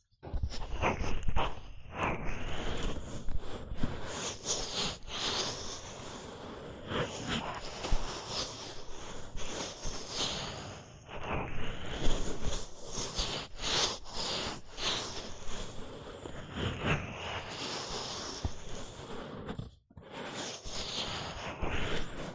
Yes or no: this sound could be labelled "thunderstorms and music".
no